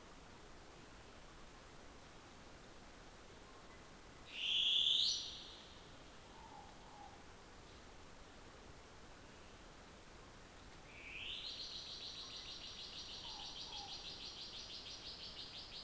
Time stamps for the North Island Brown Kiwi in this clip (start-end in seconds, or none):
none